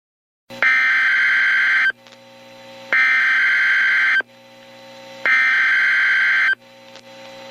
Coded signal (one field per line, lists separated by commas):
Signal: Emergency Alert System (SAME) tones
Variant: header bursts